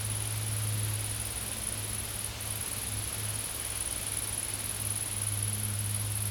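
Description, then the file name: Insect chorus as a continuous shrill, high-pitched hiss with one short break, over a strong low droning hum. Insects in a field. "Insects In The Field"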